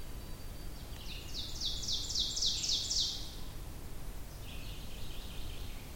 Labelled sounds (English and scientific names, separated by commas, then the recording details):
Ovenbird (Seiurus aurocapilla) song
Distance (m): 25 m
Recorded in boreal forest in Alberta, Canada, on 23 June 2016 at 06:09
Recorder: SongMeter 3, array SBT-6-76
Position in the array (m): 158 m, 129 m
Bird 3